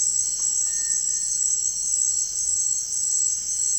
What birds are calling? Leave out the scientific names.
Cinereous Tinamou